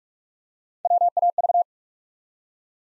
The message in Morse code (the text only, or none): WAV